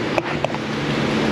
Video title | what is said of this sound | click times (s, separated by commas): CARAVAN TRANS, CIVIC A/C, A DAY IN THE AUTO REPAIR SHOP 278 | I heard something click. There it is. | 0.5 s